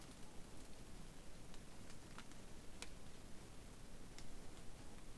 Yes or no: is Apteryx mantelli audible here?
no